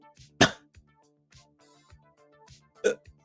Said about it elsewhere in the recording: I still have my little cough. Very dry cough.